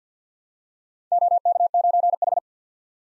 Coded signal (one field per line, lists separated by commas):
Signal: Morse code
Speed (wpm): 51 wpm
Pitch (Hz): 700 Hz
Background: none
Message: OK9H